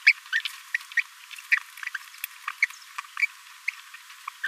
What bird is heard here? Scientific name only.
Forpus passerinus